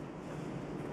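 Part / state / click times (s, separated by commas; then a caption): rifle internal component into the rifle's polymer stock/chassis / not seated / none. During reassembly of an IWI Tavor SAR bullpup rifle, an internal component is pressed with slight downward pressure into the rifle's polymer stock/chassis. Only a steady, even low-to-mid rumble of handling noise is heard, with no sharp transients. Nothing has clicked or seated yet.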